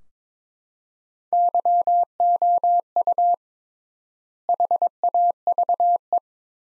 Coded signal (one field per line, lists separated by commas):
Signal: Morse code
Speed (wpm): 21 wpm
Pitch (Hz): 700 Hz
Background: none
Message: YOU HAVE